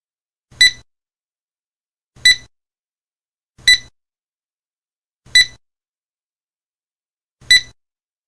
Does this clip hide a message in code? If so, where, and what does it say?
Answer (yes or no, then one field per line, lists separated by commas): no